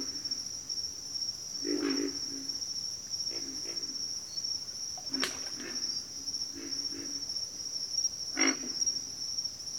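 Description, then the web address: Pig frog making a few deep, coarse grunts spaced seconds apart, against a hissy background and a high insect hum. "Sounds of Nature Collection. Pig Frogs"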